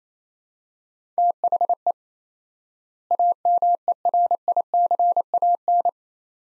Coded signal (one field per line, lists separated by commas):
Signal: Morse code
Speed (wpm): 27 wpm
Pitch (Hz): 700 Hz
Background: none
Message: THE AMERICAN